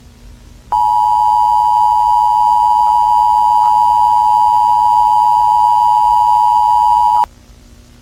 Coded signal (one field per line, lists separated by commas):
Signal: Emergency Alert System (SAME) tones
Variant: 853 and 960 Hz attention tone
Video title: VCO.EAS.CAPTURE.12.31.99.RECOVERED.mp4